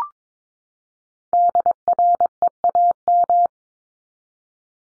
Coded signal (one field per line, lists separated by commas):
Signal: Morse code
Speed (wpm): 22 wpm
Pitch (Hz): 700 Hz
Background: none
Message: DREAM